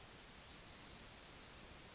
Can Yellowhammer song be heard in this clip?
yes